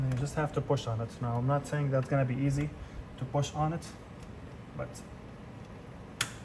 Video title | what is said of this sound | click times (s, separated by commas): BMW M5 COMMON Coolant Leak! Turbocharger Coolant feed/return lines Replacement | there we go. You guys heard it click, and that's how you know it was installed properly | 6.2 s